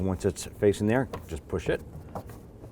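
Someone talks while a window crank handle with its retainer clip is pushed onto the door regulator spindle of a 2004-2012 Chevy Colorado. The clip snaps on at 2.2 seconds, seating the handle. A few soft mechanical knocks follow.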